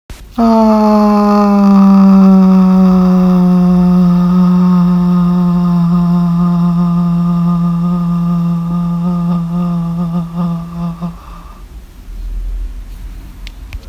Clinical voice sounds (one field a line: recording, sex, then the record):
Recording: sustained vowel /a/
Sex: female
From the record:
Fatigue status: no fatigue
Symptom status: asymptomatic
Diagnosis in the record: COVID-19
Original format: m4a